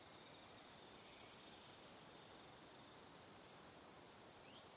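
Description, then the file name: Crickets produce a steady, shrill high-pitched drone against quiet background hiss. Evening. "Calm - Evening Crickets"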